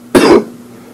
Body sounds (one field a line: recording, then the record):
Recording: coughing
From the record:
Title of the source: Coughing 77